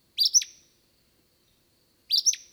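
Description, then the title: Acadian flycatcher, two identical explosive, sharp two-part phrases about two seconds apart, with near silence between them. Recorded at Rib Mountain on 12 July 2021. "2021-07-12 Acadian Flycatcher Rib Mt"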